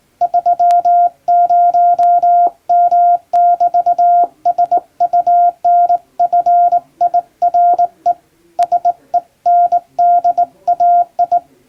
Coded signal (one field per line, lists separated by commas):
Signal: Morse code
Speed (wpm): 21 wpm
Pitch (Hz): 700 Hz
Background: none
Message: 30M<BT>SUNFIRE SENDAI